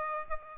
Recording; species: mosquito wingbeat signal from an infrared sensor; Aedes albopictus